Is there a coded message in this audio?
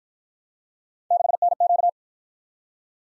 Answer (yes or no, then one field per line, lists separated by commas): yes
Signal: Morse code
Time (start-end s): 1.1-1.9 s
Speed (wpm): 52 wpm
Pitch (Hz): 700 Hz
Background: none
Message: 6NQ